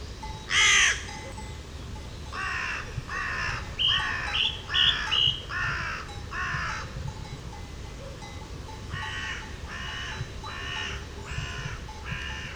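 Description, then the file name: Carrion crow caws: one loud raucous caw, then runs of shorter harsh caws in steady series, some slightly higher-pitched, with constant low background noise. "Corvus corone"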